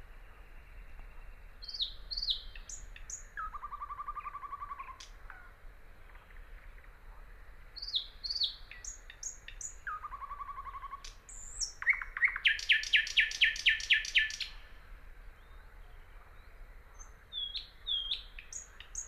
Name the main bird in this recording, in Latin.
Luscinia luscinia